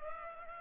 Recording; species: mosquito wingbeat signal from an infrared sensor; Culex pipiens